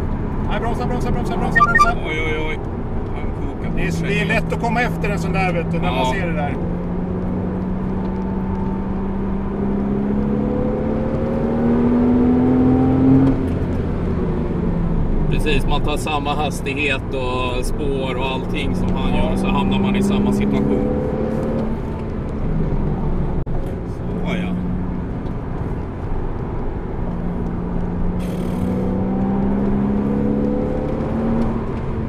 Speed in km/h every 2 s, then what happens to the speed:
82, 74, 80, 86, 88, 109, 122, 82, 76, 91, 103, 79, 76, 82, 93, 106.
3-11 speeds up to 122. 11-15 brakes to 76. 16-19 speeds up to 103. 19-24 slows to 76. 24-32 speeds up to 106.